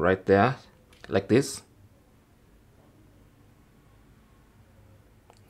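Someone talks briefly while a plastic microSD card is held and lined up in the correct orientation in front of the card slot of a Steam Deck handheld console, followed by a long quiet stretch with two faint ticks near 5.3 s and 5.4 s. The card has not been inserted, and nothing has seated or clicked yet.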